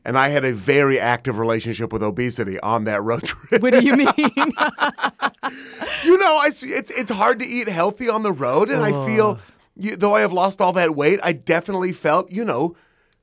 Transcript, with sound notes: And I had a very active relationship with obesity on that road trip.
What do you mean?
(LAUGHTER)
You know, It's hard to eat healthy on the road, and I feel - though I have lost all that weight, I definitely felt, you know